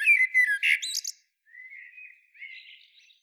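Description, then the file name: Common blackbird giving one brief fluty whistled phrase that breaks into a high squeaky flourish, followed by a soft, low-level warbling continuation. "Turdus merula"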